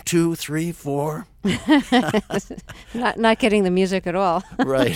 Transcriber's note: soundbite of laughter